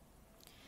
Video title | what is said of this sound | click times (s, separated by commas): How to Replace the Antenna of RadioLink RC6GS V3/RC6GS V2/RC6GS/RC4GS V3/RC4GS V2/RC4GS Transmitter? | hard until you hear a click | 0.5 s